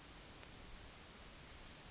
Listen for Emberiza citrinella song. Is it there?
no